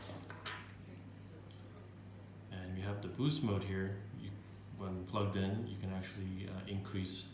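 The release button on the interchangeable plastic mains plug adapter of a TriFiBoost Wi-Fi booster is pressed, and the adapter clicks free with sharp clicks at 0.3 s and 0.5 s as it is unlocked and removed from the booster body. Afterward someone talks.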